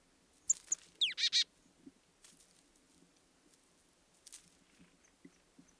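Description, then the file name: Marsh tit calls: a couple of high ticks followed by a short series of buzzy, harmonic-rich notes, with faint rustling afterward. "Poecile palustris"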